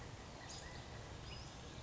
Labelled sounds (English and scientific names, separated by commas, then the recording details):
California Quail (Callipepla californica)
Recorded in Sonoma County, California